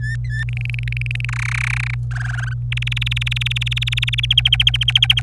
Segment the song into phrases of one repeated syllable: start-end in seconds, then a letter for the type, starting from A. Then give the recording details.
0.00-0.44 A, 0.49-1.25 B, 1.29-1.94 C, 2.11-2.53 D, 2.72-4.25 E, 4.30-5.21 F. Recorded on 25 April 2018 at 14:09. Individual llb3